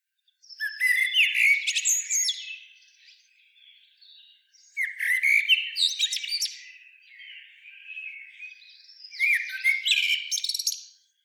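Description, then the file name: Common blackbird giving three separate song phrases about four seconds apart, mixing mellow whistles with scratchy, high twittering. "Turdus merula"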